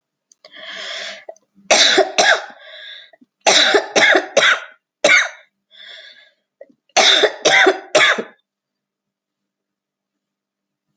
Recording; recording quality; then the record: heavy voluntary cough; excellent, no background noise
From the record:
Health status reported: respiratory illness, not identified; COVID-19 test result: negative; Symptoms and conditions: cough, cold, sore throat, fever, fatigue, muscle pain, loss of smell and taste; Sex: female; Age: 43 years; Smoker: not ticked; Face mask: not worn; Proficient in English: yes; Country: India